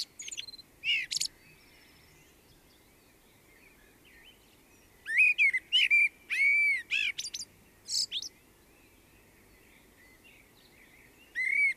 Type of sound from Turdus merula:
song